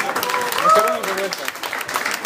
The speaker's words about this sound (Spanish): Un fuerte aplauso para su debut y despedida de Mr. X.